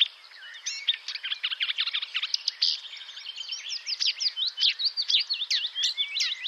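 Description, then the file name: Marsh Warbler song: dense, rapid chatter of varied high chirps, slurred whistles and buzzy trills, flowing without pause throughout. Recorded 25 May 2007 around 08:10 at Bonnevaux. "Rousserolle verderolle 20070525 0810 25 Bonnevaux"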